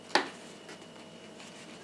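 A thin, flexible nylon visor mechanism is pressed over the side stud on a motorcycle helmet shell and snaps into place with one sharp click at 0.1 s. The visor is seated, and only faint low rustling follows.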